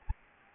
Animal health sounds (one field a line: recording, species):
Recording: mosquito wingbeat signal from an infrared sensor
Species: Anopheles gambiae